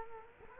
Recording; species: mosquito wingbeat signal from an infrared sensor; Culex quinquefasciatus